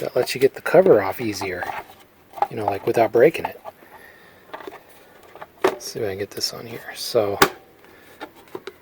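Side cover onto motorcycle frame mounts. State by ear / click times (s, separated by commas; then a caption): partly seated / 8.7 s. A side cover is pushed onto the frame mounts of a Yamaha SR500 motorcycle while someone talks, with a few faint taps near the end. A click lands at 8.7 s, but the cover does not stay seated.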